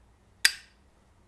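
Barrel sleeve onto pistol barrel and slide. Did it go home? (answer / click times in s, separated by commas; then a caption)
yes / 0.5 s. A notched barrel sleeve, with its notch pointing down, is slid onto the barrel and slide of a Walther Colt 1911 Gold Cup air pistol and rotated until it locks. One sharp, bright metal click at 0.5 s rings briefly and fades within about a quarter second over a quiet background. The sleeve is fully seated.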